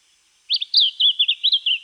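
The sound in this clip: Lemon-bellied flycatcher song: a quick run of high, sweet whistled notes that slur up and down, on a quiet background.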